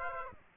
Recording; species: mosquito wingbeat signal from an infrared sensor; Aedes aegypti